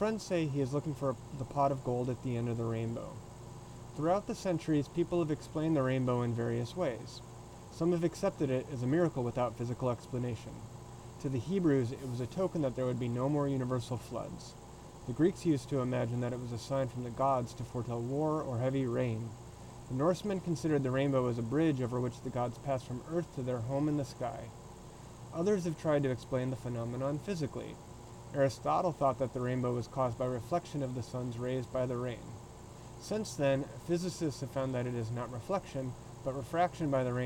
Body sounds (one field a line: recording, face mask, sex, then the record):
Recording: reading aloud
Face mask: surgical mask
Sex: male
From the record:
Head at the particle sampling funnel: tilted up or above it, chin in front of it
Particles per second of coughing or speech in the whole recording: 0.19